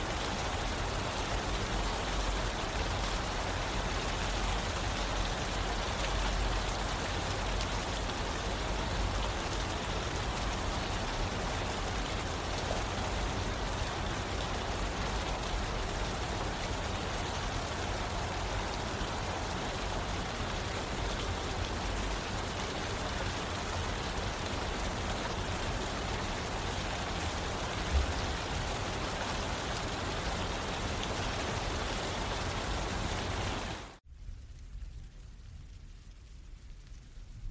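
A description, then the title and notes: Rain falls in a steady, dense hiss that covers everything from low rumble to bright patter, holding nearly constant for about 34 seconds. Then it cuts off abruptly, leaving only a faint low murmur for the last few seconds. Soothing Rain Sounds.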